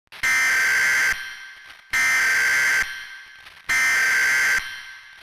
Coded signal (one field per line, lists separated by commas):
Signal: Emergency Alert System (SAME) tones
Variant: header bursts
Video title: 9/11: (THE EAS SCENARIO)